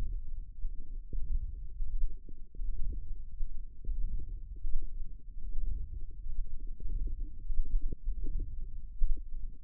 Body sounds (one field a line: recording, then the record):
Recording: forearm muscle sounds (acoustic myography)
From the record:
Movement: wrist flexion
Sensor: system 1, eight BSWA MPA416 microphones around the upper forearm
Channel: 8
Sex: female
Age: 22 years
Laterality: right